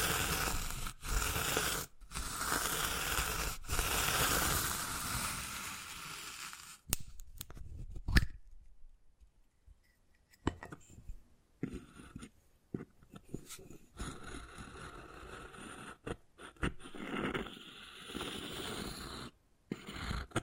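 Wood carving with scraping and tapping: a dense, bright rasping runs through the first seven seconds, punctuated by sharp taps near 1, 2 and 3.5 seconds. After a near-silent gap around 8–10 seconds, quieter intermittent scratches and knocks return unevenly until the end.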